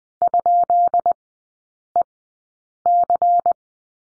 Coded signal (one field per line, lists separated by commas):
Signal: Morse code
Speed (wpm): 20 wpm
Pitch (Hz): 700 Hz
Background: none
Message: ?EC